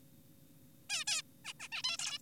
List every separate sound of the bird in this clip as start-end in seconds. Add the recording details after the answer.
0.90-1.04, 1.08-1.22, 1.45-1.53, 1.60-1.68, 1.72-1.82, 1.84-1.97, 1.99-2.18. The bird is an adult. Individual g4p5U